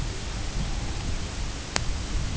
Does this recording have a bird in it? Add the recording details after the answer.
yes. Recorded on Arctic tundra, site UTQI-2, on 10 June 2019. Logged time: 16:00